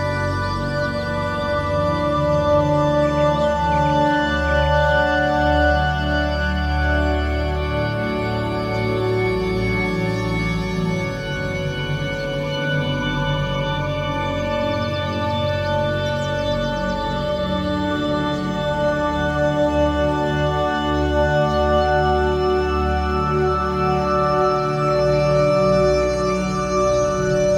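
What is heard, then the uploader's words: Ethereal ambient meditation music holds long, sustained tones over a deep, slowly shifting drone, steady in level throughout. Small, bright bird chirps flicker faintly above the music now and then, especially around the middle, without breaking its smooth, even flow. Ethereal notes of ambient meditation music blend with the gentle symphony of chirping birds. Nature Sounds, Singing Birds.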